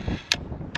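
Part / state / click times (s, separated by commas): folding hammock stand arm locking into its hinge joint / seated / 0.3 s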